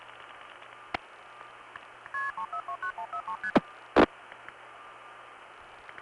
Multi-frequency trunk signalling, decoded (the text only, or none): KP3429143ST